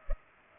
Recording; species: mosquito wingbeat signal from an infrared sensor; Culex pipiens